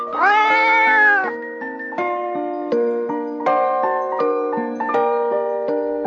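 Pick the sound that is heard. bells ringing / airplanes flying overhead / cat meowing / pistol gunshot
cat meowing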